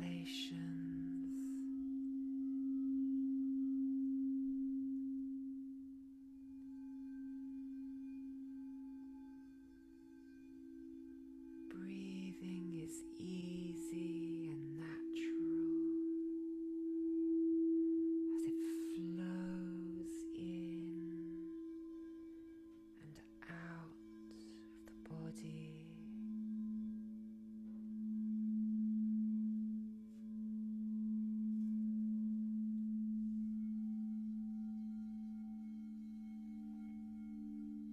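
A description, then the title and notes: A crystal bowl rings in a steady low drone, with a soft spoken voice breaking in around the middle and a bright overtone shimmering above. This is a Crystal bowl healing sound bath. The beautiful healing tones from the chakra tuned bowls.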